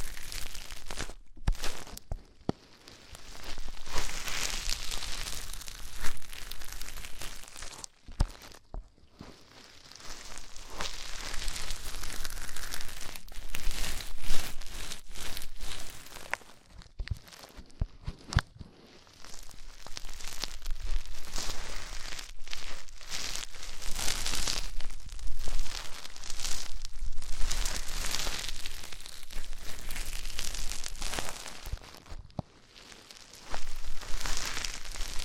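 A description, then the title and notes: Deep ear cleaning: dense, crackly rustling and scratching that comes in long stretches of several seconds, bright and hissy with a soft low rumble beneath. Short silent breaks interrupt it around 2, 9, 17 and 34 seconds, with occasional sharp clicks. ASMR INTENSE Deep Ear Cleaning (No Talking).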